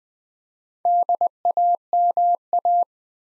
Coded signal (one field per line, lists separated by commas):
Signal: Morse code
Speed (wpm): 20 wpm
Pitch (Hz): 700 Hz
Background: none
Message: DAMA